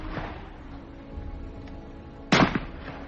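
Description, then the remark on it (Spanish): Two sharp, loud rifle shots fired at a person crack in quick succession, the first the strongest, standing out against a low, steady rumbling background with no talking. “Robert en ese momento cogió su fusil y le disparó un par de tiros entre los omoplatos”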